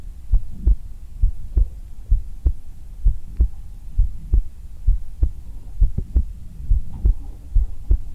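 A calming, steady heartbeat heard on bare skin through a black 3Dio binaural microphone: low, soft thudding beats at about 67 per minute.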